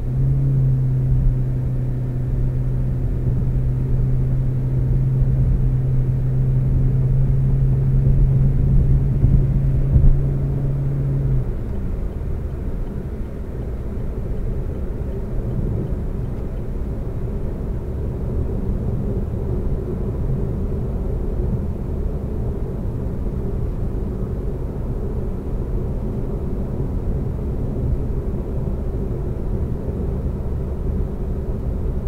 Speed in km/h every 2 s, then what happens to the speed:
77, 84, 89, 92, 97, 100, 98, 98, 98, 98, 98, 101, 101, 101, 101, 101.
0-10 speeds up to 100. 10-32 steady at about 100.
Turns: none.